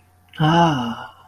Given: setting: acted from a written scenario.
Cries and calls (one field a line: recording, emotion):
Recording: vocal sound without words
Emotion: serenity